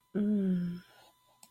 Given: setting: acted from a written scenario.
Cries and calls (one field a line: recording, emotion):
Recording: vocal sound without words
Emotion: romantic love